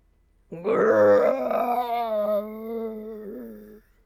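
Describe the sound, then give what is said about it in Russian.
A single frantic roar bursting from the rotting lungs of undead orcs, loud and strained, with a harsh tonal howl that starts abruptly, holds for about three seconds, then slowly sags in pitch and fades out. “Из гниющих легких мертвых орков то и дело вырывался истошный рев.”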